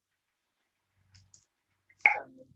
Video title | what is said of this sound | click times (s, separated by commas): Granny Project's Zoom Meeting | once you hear that click you know it's open | 2.1 s